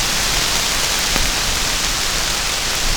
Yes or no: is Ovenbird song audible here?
no